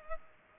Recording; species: mosquito wingbeat signal from an infrared sensor; Culex pipiens